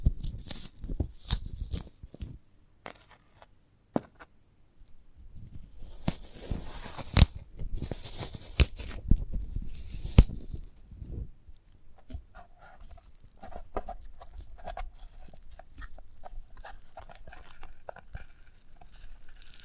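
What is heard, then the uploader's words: Sprouted coconut ASMR: irregular crunching, tearing and crinkling, with dense bursts around six to ten seconds, then sparser clicks and crackles. ASMR of a Sprouted Coconut (No Talking).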